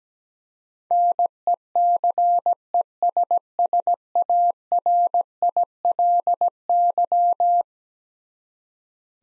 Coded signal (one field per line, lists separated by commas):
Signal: Morse code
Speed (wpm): 17 wpm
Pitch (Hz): 700 Hz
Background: none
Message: NECESSARILY